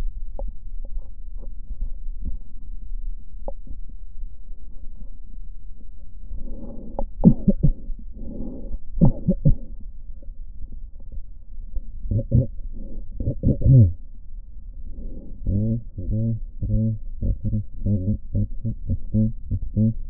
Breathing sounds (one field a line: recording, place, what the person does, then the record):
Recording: lung sounds by stethoscope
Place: left posterior basal chest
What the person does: quiet breathing, then cough and speech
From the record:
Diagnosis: none (healthy)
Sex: male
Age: 29 years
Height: 180 cm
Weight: 100 kg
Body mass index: 30.9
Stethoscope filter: diaphragm mode